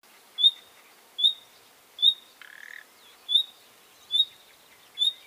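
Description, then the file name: Common nightingale giving clipped, high whistled call notes at a steady pace of roughly one every 0.8 seconds, broken once by a short harsh, croaking rattle. "Luscinia megarhynchos"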